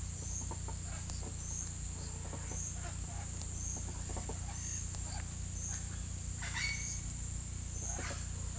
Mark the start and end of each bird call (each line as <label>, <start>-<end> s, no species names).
bird call, 4.34-4.87 s
bird call, 6.44-7.04 s